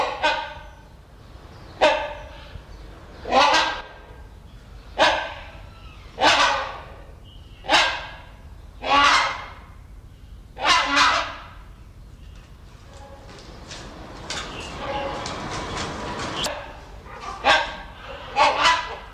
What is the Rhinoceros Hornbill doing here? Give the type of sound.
duetting